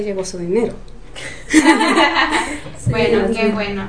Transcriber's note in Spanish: risas